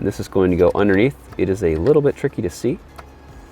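An OAB connector is being handled beneath the underside of an NBT EVO head unit in an F30 BMW, a spot that is hard to see, while someone talks. A brief sharp tick is heard at about 3.0 s, but nothing has seated or clicked yet.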